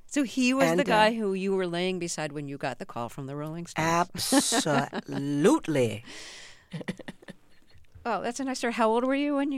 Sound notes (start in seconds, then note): 4.2 laughter; 6.7 laughter